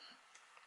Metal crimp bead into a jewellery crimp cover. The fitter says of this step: I just I'm pushing that so it kind of you'll almost hear it click